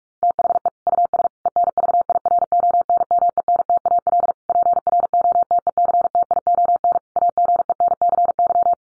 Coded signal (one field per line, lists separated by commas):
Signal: Morse code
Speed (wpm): 44 wpm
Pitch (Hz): 700 Hz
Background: none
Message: THE US ENVIRONMENTAL PROTECTION AGENCY